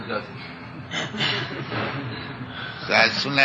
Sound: laughter